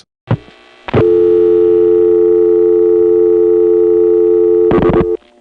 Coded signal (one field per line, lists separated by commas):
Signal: telephone call progress tone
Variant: North America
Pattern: dial tone